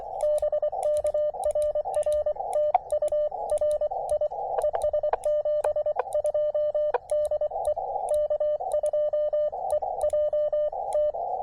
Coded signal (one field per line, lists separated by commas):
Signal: Morse code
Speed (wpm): 22 wpm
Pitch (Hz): 600 Hz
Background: radio noise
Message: BK RR TU RI ES 72 DE K2EJT